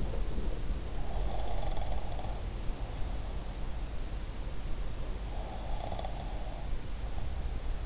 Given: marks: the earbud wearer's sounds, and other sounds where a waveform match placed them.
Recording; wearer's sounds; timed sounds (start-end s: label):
sounds in sleep by an in-ear microphone; breath
1.07-3.73 s: breath
5.29-7.86 s: breath